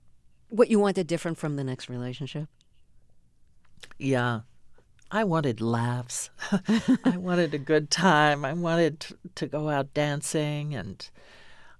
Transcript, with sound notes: what you wanted different from the next relationship?
Yeah. I wanted laughs.
(LAUGHTER)
I wanted a good time. I wanted to go out dancing and